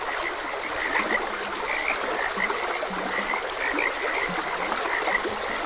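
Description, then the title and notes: Frogs croaking continuously, crisp high notes and short low grunts overlapping, set against a soft, steady rush of water. Frogs croaking beside a gentle stream. "Gentle Stream and Frogs Croaking - Calming Sounds of Nature. Sleep and Relaxation Podcast"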